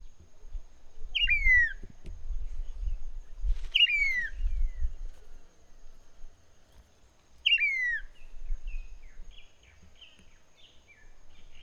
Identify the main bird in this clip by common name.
Red-winged Starling